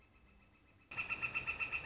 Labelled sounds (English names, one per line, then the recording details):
Northern Flicker
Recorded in Sonoma County, California